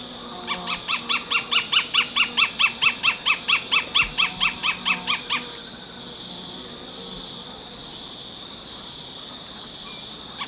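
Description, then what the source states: Rufous-fronted thornbird song: a rapid series of sharp, evenly spaced notes for about five seconds, then stopping, over a constant high insect drone. Recorded in Ecuador.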